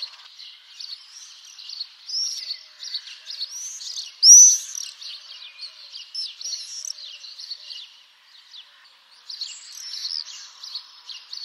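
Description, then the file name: Common swifts giving a near-continuous chorus of thin, shrill, buzzy screams from several birds, one sharp loud scream standing out midway, brief lull near the end. "Martinet noir"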